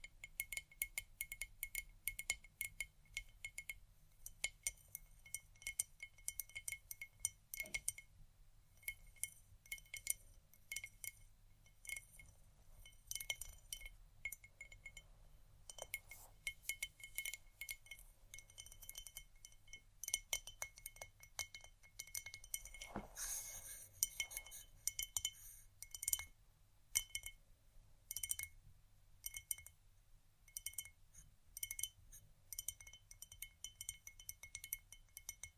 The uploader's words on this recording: ASMR 3 EXTREMELY TINGLY ITEMS（No Talking） pencils, studs, ceramic.